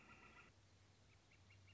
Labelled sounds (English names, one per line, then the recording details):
Northern Flicker
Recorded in Sonoma County, California